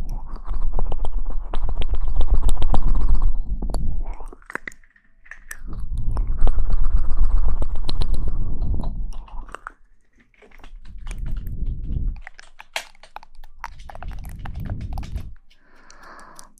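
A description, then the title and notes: Mouth sounds come in four thick bursts of wet, crackly chewing and crunching, each lasting two to four seconds with short quiet gaps between them. Dense clicks and pops run through each burst over a low rumble, and a brief higher squeak appears near the end. Mouth Sounds.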